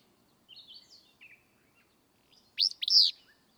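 Willow flycatcher song: one sharp, sneezy two-part phrase near the end, with softer warbling notes before it.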